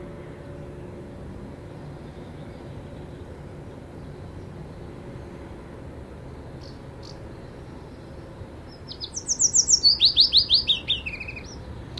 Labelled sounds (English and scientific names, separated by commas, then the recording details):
Willow Warbler (Phylloscopus trochilus)
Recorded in captivity
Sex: male
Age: adult
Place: Volierenanlage, Zoologisches Institut Universität Tübingen, Baden-Württemberg, DE
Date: 1968-04-27
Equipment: Nagra III PH, kleiner englischer Parabolspiegel, LGS26
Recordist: Schneider, Hans-Joachim